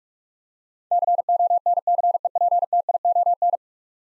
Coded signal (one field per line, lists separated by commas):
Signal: Morse code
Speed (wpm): 44 wpm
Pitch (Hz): 700 Hz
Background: none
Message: CONCEPTION